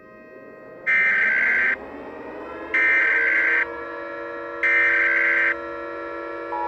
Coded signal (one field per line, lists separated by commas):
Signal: Emergency Alert System (SAME) tones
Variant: header bursts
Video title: EAS SCENARIO 12: Godzilla Barney Attack